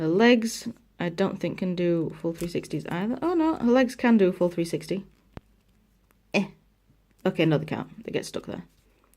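Someone talks while rotating the plastic leg of a Jurassic World Fallen Kingdom action figure in its hip joint, with faint soft handling ticks in the pauses. The leg is handled toward its stop, but nothing has seated or clicked into place yet.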